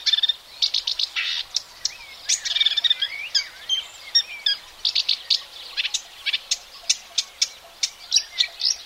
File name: marshwarbler